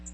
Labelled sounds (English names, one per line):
Magnolia Warbler flight call